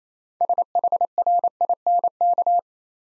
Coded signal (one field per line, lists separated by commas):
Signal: Morse code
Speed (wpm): 27 wpm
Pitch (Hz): 700 Hz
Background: none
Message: SHRINK